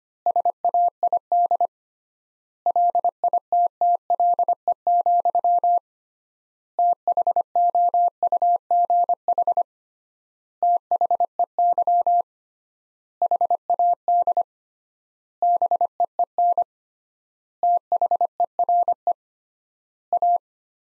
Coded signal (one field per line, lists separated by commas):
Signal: Morse code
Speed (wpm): 25 wpm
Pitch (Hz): 700 Hz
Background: none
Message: SAID LITTLE, THOUGH THEY HAD BEEN THERE A